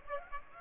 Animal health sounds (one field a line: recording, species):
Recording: mosquito wingbeat signal from an infrared sensor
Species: Aedes aegypti